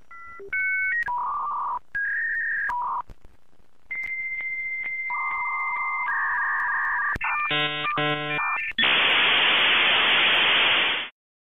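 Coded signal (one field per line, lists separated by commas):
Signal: dial-up modem handshake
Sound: dial tones, a long high answer tone, rapid warbling beeps, then loud steady hiss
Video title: Dial Up Internet | Sound Effects youtubers use for video editing @SoundNation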